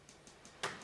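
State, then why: Seated. A loaded rotary pellet magazine is slid from right to left into the breech of a BRK Ranger XR2 PCP air rifle. Three faint ticks sound at about 0.1, 0.3 and 0.5 seconds, then a sharp, bright click at 0.6 seconds as the magazine seats home.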